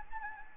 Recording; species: mosquito wingbeat signal from an infrared sensor; Anopheles gambiae